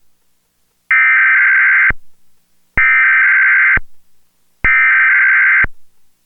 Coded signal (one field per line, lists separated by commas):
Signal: Emergency Alert System (SAME) tones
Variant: header bursts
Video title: EAS #4-8: 5 EAS Required Weekly Tests- Oct. 25, 2011